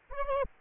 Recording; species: mosquito wingbeat signal from an infrared sensor; Aedes aegypti